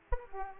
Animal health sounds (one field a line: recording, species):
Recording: mosquito wingbeat signal from an infrared sensor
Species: Aedes aegypti